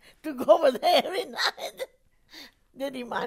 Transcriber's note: she laughs